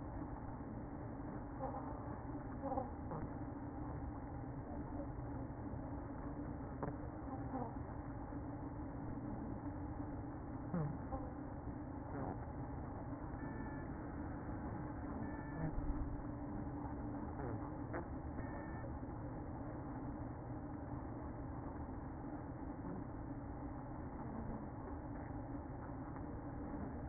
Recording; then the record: honeybee colony, microphone inside the hive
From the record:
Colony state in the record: queen present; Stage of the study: after two queens were removed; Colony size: about 60,000 bees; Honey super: yes